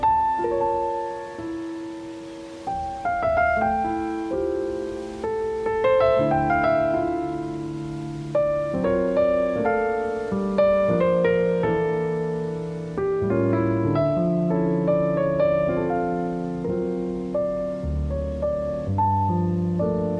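Piano plays a slow, steady run of ringing chords and melody notes, each struck note fading before the next, from low bass to bright treble.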